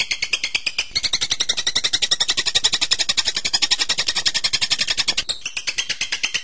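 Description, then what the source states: Bird producing a brisk, regular run of high chirps, about three or four a second, with a brief change of phrase near the close. Masteran birdsong training recording of bird sounds.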